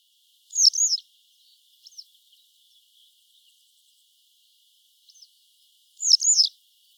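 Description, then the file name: Western yellow wagtail giving two loud double-noted calls several seconds apart, with a few faint short notes in the quiet gap. "Motacilla flava"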